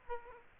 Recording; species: mosquito wingbeat signal from an infrared sensor; Aedes aegypti